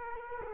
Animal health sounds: mosquito wingbeat signal from an infrared sensor; Culex quinquefasciatus

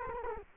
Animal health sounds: mosquito wingbeat signal from an infrared sensor; Culex quinquefasciatus

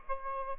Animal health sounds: mosquito wingbeat signal from an infrared sensor; Aedes aegypti

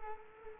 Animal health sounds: mosquito wingbeat signal from an infrared sensor; Culex quinquefasciatus

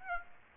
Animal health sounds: mosquito wingbeat signal from an infrared sensor; Aedes aegypti

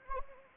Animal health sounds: mosquito wingbeat signal from an infrared sensor; Anopheles arabiensis

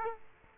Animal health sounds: mosquito wingbeat signal from an infrared sensor; Culex quinquefasciatus

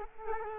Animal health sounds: mosquito wingbeat signal from an infrared sensor; Culex quinquefasciatus

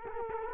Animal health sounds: mosquito wingbeat signal from an infrared sensor; Culex quinquefasciatus

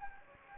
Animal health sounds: mosquito wingbeat signal from an infrared sensor; Anopheles gambiae

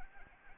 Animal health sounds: mosquito wingbeat signal from an infrared sensor; Anopheles arabiensis

